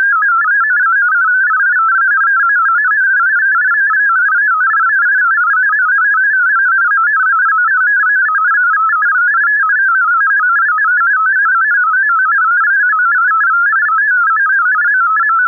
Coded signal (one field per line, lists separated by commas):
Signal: multi-tone FSK (Olivia or MFSK type)